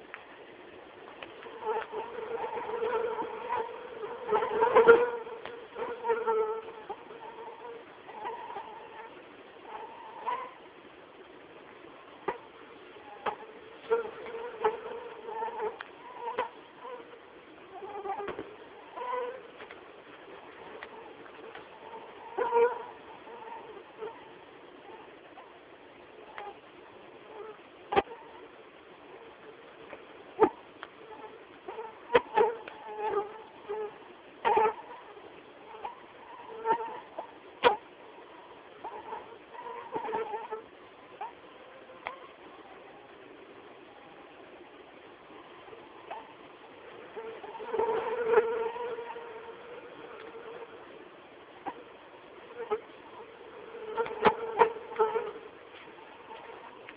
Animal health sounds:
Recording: mosquito flight sound by mobile phone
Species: Anopheles atroparvus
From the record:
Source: CDC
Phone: Samsung T209

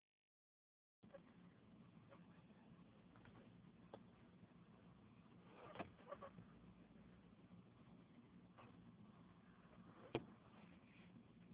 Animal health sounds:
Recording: mosquito flight sound by mobile phone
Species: Anopheles gambiae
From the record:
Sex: female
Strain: Kisumu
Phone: Huawei 866C

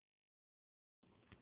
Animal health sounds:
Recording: mosquito flight sound by mobile phone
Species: Anopheles dirus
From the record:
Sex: female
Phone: Huawei 866C

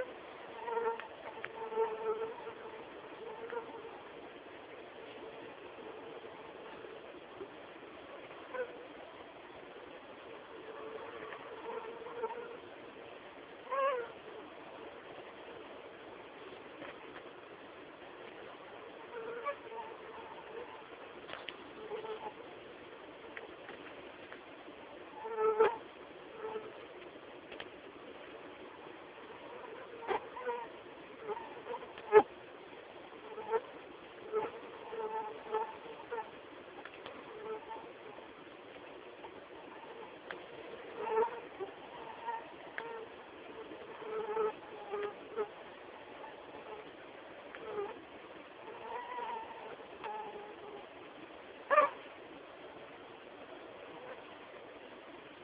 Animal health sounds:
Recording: mosquito flight sound by mobile phone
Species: Anopheles quadriannulatus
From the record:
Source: CDC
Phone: Samsung T209

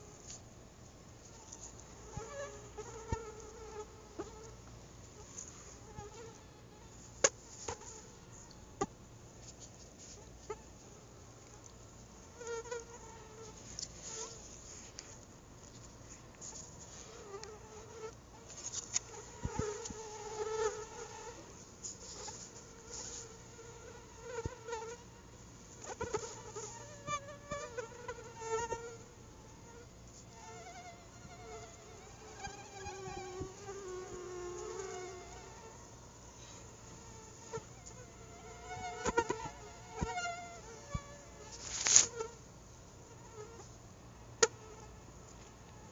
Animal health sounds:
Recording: mosquito flight sound by mobile phone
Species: Anopheles quadriannulatus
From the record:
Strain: SANQUA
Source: CDC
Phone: Google Nexus

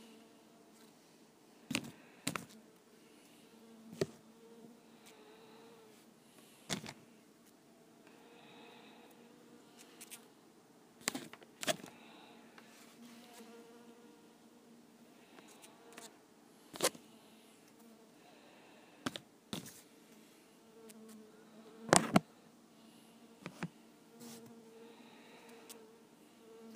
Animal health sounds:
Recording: mosquito flight sound by mobile phone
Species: Culiseta incidens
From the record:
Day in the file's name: 2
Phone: iPhone 5

